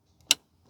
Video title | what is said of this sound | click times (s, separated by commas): Transform Your Tesla Model 3 with Rear Screen Magic | sure it clicks | 0.3 s